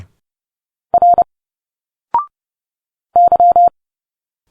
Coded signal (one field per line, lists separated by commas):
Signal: Morse code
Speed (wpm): 30 wpm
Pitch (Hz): 700 Hz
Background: none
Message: R Y